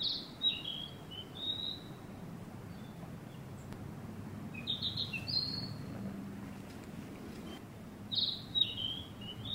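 Narcissus flycatcher song: three short phrases of high, clear whistled notes, each phrase lasting one to two seconds, over steady low background noise.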